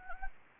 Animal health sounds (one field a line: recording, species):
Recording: mosquito wingbeat signal from an infrared sensor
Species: Anopheles gambiae